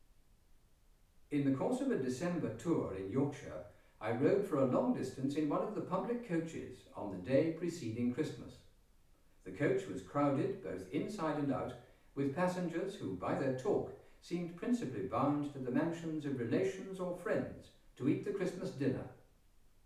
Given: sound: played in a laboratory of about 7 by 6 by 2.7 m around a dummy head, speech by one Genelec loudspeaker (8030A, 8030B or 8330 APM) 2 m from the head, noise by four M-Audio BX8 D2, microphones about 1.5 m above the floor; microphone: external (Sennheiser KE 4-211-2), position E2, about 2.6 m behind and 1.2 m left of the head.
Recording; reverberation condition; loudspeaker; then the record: male speech in English; medium; in front (0 degrees)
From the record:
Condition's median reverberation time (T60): about 510 ms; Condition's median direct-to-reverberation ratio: about -0.5 dB